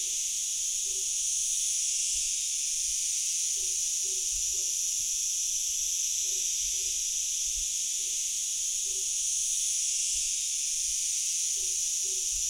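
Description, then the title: Cicadas droning together in a constant high-pitched shimmering hiss, hardly varying, while soft low short notes come and go beneath it. Hundreds of cicadas calling together near Pocinho on the Douro River, Portugal. "Cigarras no Pocinho"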